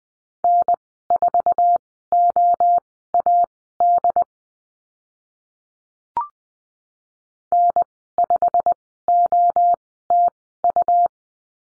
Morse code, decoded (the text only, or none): N4OAD N5OTU